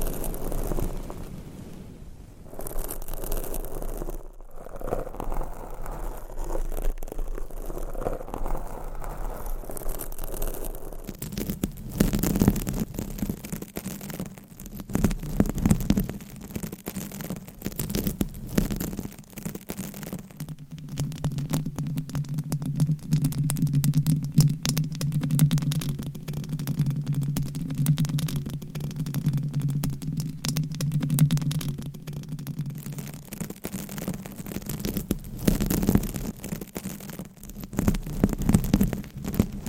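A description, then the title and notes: Fingernail scratching on microphone covers, dense crackly rasps shifting in texture, with a low humming drone between about 11 and 33 seconds. ASMR Mic Scratching - Brain Scratching with 54 DIFFERENT MICS Covers & Nails No Talking.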